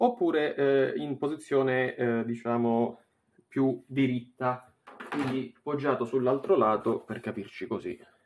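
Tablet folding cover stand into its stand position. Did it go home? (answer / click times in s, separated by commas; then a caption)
no / none. Someone talks while handling a tablet's folding cover, folding it toward its upright, magnetic stand position. No distinct click or snap stands out under the speech, and the stand has not yet seated or snapped into place by the end of the clip.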